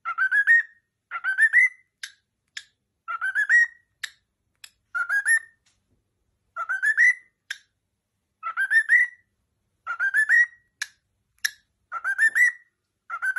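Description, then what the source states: Cockatiel repeating short rising whistled phrases, with brief sharp clicks between some of them. Several cockatiels singing and whistling.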